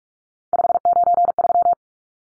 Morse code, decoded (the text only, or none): 593